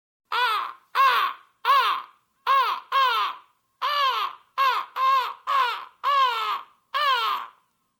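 Crow cawing, a run of many harsh, drawn-out caws.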